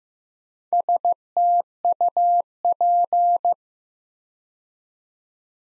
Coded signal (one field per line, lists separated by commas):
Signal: Morse code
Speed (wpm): 15 wpm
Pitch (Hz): 700 Hz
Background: none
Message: STUP